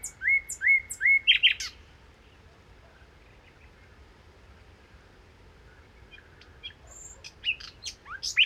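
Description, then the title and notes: Common nightingale song: a series of clear rising whistles and chirps, a pause, then quieter scattered notes and a sharp phrase at the end. Nightingale song recorded 1 May 2019 in the Crau, Bouches-du-Rhône, France, with a Nagra Seven recorder, comparing cardioid (MKH8040) and omnidirectional (MKH8020) microphones. "Crau - Bouches du Rhône. Rossignol philomèle"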